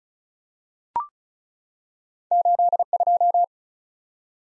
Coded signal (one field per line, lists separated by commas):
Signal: Morse code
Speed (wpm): 36 wpm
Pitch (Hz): 700 Hz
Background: none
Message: 82